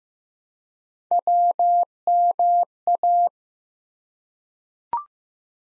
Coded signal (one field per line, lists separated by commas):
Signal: Morse code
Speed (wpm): 15 wpm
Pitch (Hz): 700 Hz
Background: none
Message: WMA